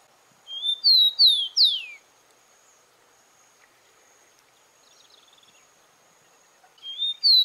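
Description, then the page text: Rufous-collared sparrow singing a short phrase of sweet whistles ending in a falling slur, then a pause of about five seconds before the next phrase begins. "TICO TICO (Zonotrichia Capensis)"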